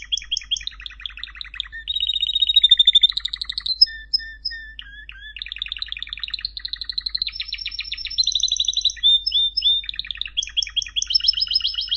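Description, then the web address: Canary singing a long continuous song of rolling trills, buzzy tours and clear whistled notes, shifting pattern every second, over a faint low hum. "honarfardi Canary Sound"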